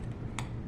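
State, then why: Released. A mascara wand cap is pulled from its tube and pops out with a single sharp click at 0.4 s, showing the mascara still has product. Low hum fills the rest of the clip, and no one talks.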